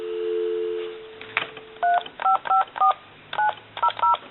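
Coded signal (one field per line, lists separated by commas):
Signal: DTMF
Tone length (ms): 120 ms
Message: 3554900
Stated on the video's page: Tones from an animated novelty duck telephone during its initial checkout and repair.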